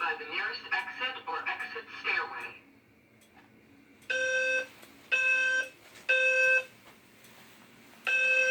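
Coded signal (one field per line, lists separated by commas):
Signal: alarm pattern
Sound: voice message, then three short buzzy horn blasts, a pause, and the cycle starting again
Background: female voice announcement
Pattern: temporal three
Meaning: Evacuate the building: fire alarm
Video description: Female voice evac with Temporal 3 that I actually custom made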